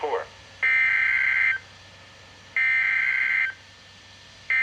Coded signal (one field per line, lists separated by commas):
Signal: Emergency Alert System (SAME) tones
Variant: header bursts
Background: speech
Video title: 2021 West Virginia Tornado Drill - Tornado Warning [EAS #1250] (3/16/2021)